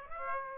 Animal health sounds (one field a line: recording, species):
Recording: mosquito wingbeat signal from an infrared sensor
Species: Aedes aegypti